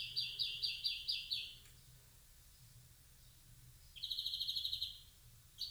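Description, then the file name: European greenfinch with a quick run of sharp, repeated twittering notes, a pause, then a fast even trill. "Chloris chloris"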